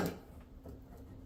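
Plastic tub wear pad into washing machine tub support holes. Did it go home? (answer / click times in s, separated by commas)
no / none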